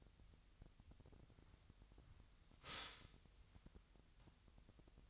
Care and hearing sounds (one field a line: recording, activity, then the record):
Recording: daily activity, microphone in the room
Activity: stop toaster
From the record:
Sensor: 3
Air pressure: 1001.9 hPa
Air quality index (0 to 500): 246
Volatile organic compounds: 49 ppm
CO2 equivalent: 3283 ppm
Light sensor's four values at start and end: 13/40/17/15 and 13/40/17/15